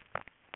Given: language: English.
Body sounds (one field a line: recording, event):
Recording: throat vibration sensor signal played as sound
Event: swallow